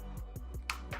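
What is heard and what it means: A plastic hook on a GoFree replacement ear pad cushion is pressed into its slot on a Sony WH-1000XM4 headphone ear cup while working around the pad, over steady background music with a few soft thumps. A sharp, bright click at 0.7 s marks the hook seating in its slot.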